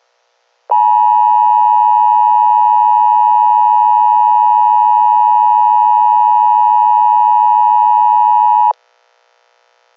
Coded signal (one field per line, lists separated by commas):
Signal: Emergency Alert System (SAME) tones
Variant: 853 and 960 Hz attention tone